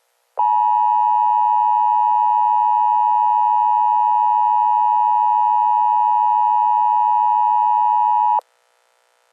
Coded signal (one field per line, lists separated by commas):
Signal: Emergency Alert System (SAME) tones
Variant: 853 and 960 Hz attention tone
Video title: Nations Under Fire Teaser [EAS MOCK]